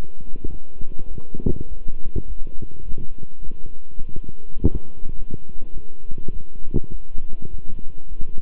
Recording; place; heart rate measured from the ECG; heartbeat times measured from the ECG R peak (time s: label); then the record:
heart sounds by stethoscope; between the tricuspid and mitral areas; 103 bpm
0.48 s: heartbeat
1.06 s: heartbeat
1.67 s: heartbeat
2.25 s: heartbeat
2.83 s: heartbeat
3.41 s: heartbeat
3.98 s: heartbeat
4.57 s: heartbeat
5.14 s: heartbeat
5.72 s: heartbeat
6.31 s: heartbeat
6.90 s: heartbeat
7.48 s: heartbeat
8.07 s: heartbeat
From the record:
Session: walking at 3.7 km/h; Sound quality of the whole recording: good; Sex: male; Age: 26 years